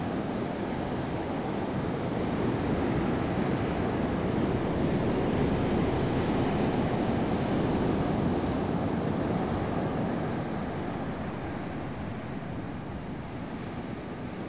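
Indian Ocean surf pounds against cliffs in a dense, continuous roar, heaviest in the low and middle range with no gaps between breakers. The wash swells slightly around the middle of the clip, then eases gradually toward the end.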